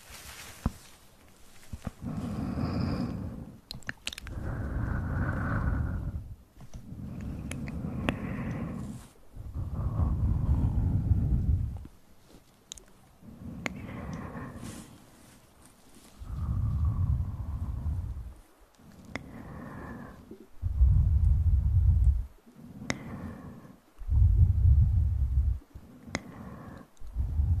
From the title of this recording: Upclose Mouth Sounds, Inaudible Whispering